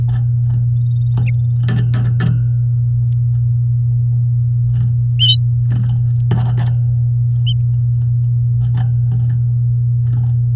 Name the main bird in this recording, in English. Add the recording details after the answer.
Domestic Canary. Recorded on 9 May 2018 at 07:30. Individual llb16